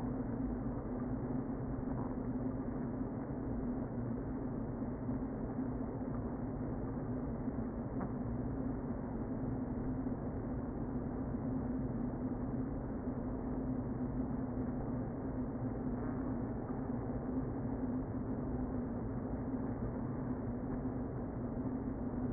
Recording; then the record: honeybee colony, microphone inside the hive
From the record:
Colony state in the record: queen present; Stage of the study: before two queens were removed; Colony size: about 60,000 bees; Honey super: yes